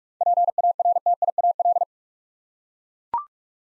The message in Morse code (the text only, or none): PARTIAL